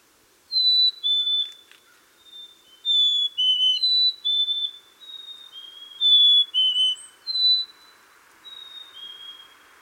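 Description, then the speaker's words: Black-capped Chickadees singing: clear two-note whistles, high then lower, repeated by several birds. Phoebe song, used to attract mates or advertise the edge of a territory; several chickadees singing on a spring day in Minnesota. "Here are some chickadees singing the Phoebe song on a spring day in Minnesota."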